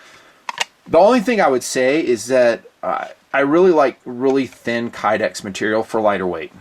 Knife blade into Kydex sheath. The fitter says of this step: You heard it snap. It's positive retention on the South Fork.